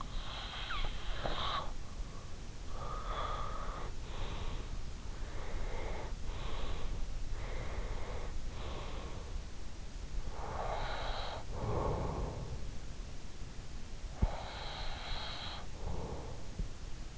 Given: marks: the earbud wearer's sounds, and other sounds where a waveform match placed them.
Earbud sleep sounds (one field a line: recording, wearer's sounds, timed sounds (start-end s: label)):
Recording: sounds in sleep by an in-ear microphone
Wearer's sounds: breath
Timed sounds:
0.03-1.92 s: breath
2.15-12.89 s: breath
13.69-17.18 s: breath